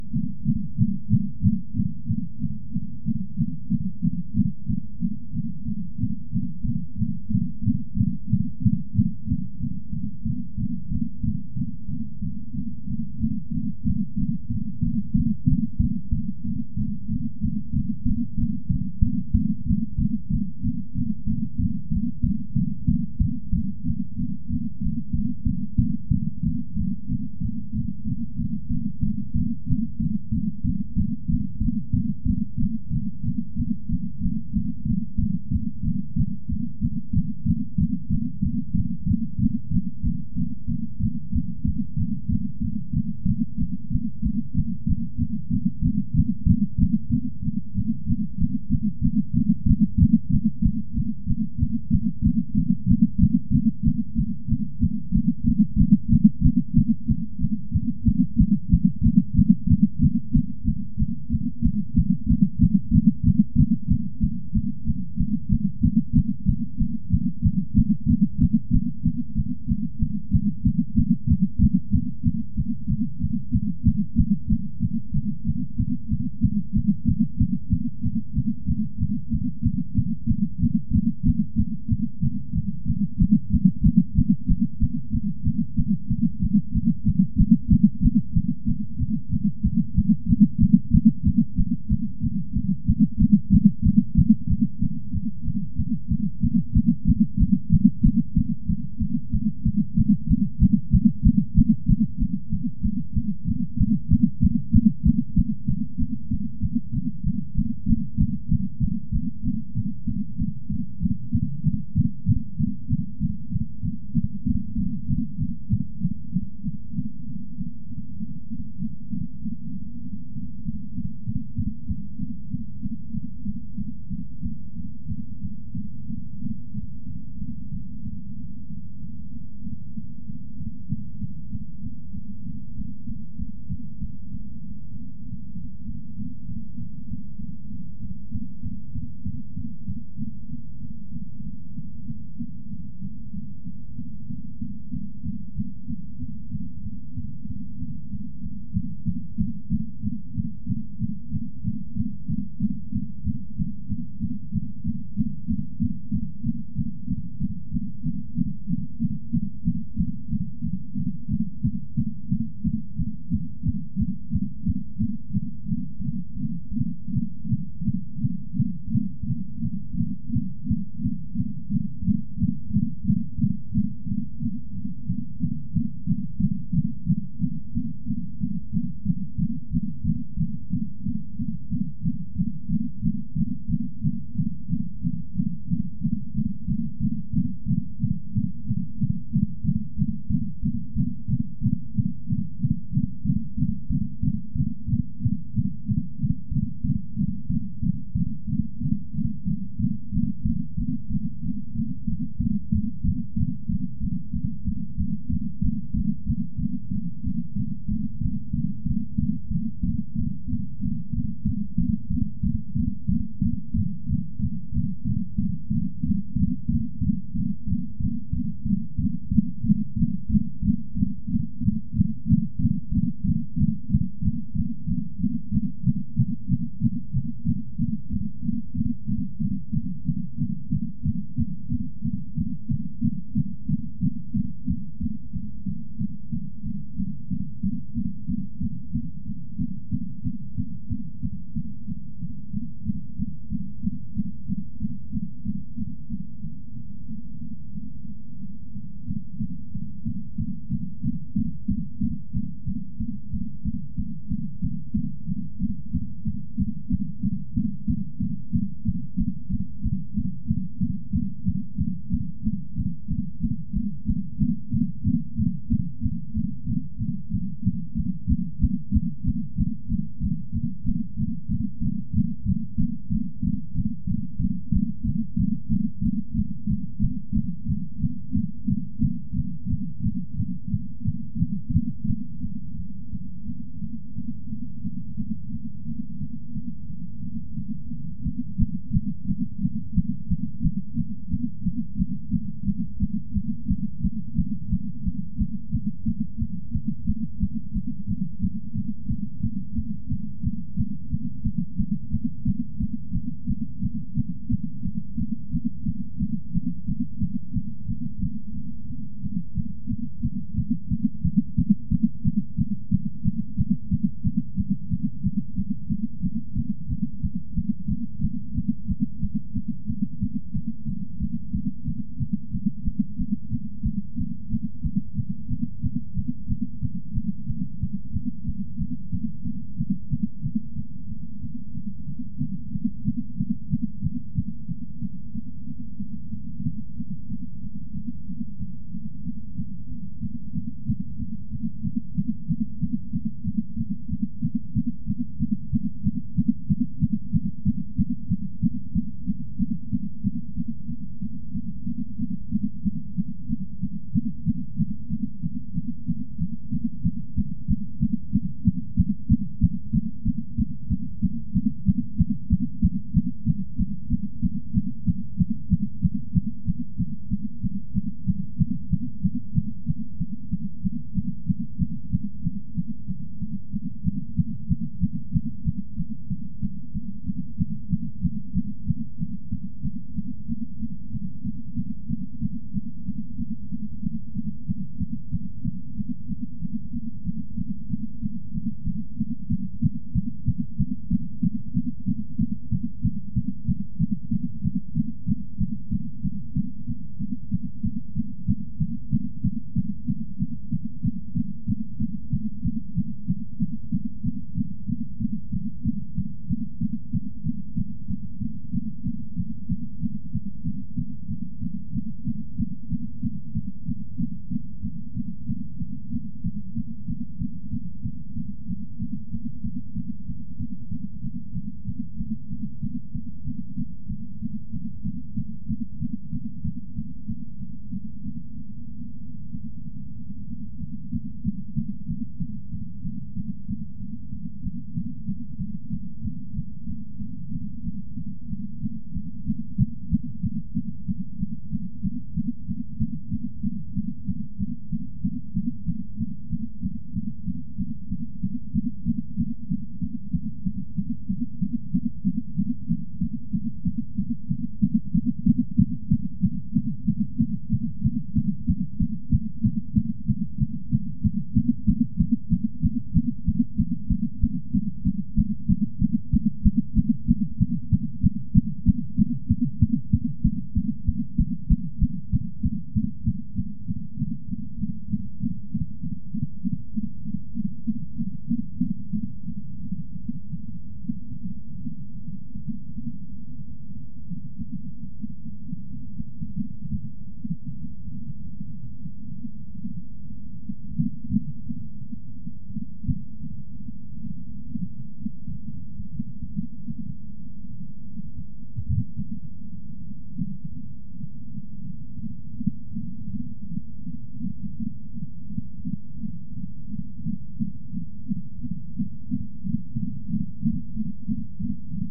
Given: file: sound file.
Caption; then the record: The first peak “S1” represents closure of the tricuspid and mitral valves of the fetal heart, and the second peak “S2” represents closure of the pulmonary semilunar valves of the fetal heart. The result is an audio file which produces an audio output of fetal Doppler.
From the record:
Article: Comprehensive pregnancy monitoring with a network of wireless, soft, and flexible sensors in high- and low-resource health settings